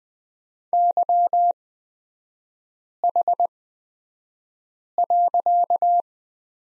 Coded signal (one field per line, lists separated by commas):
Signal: Morse code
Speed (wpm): 20 wpm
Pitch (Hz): 700 Hz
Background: none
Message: YH.